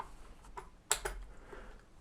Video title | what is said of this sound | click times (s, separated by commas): WALL MOUNT 2020 | push it in until you hear it click | 0.9 s